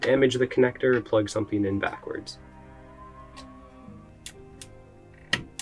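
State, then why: Seated. Someone talks over background music while a keyed front panel USB Type-C cable connector, which only fits one way, is pressed into its motherboard header. After a quiet stretch with faint ticks around 4.3 s and 4.6 s, a sharp click at 5.3 s marks the connector seating fully in the header.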